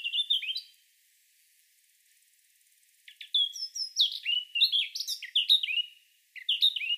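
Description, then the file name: Eurasian blackcap giving a short warble, then after a quiet gap a longer rich phrase of chattering and whistled notes, and the start of another phrase. "Sylvia atricapilla"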